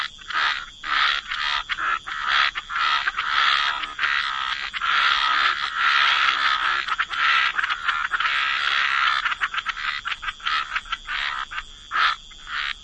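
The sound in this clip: Frogs calling together in a continuous chorus of harsh, pulsing croaks, loud and steady through most, thinning briefly near the end, with a faint high whine.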